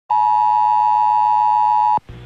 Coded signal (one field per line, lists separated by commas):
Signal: Emergency Alert System (SAME) tones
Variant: 853 and 960 Hz attention tone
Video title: Severe Thunderstorm Warning 6/26/21 [EAS #657]